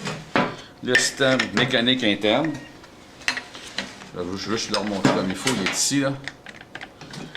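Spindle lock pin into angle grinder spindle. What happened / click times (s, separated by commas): Handled, not yet home: spindle lock not yet engaged / none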